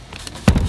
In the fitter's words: slide it in until it clicks in and it's locked in there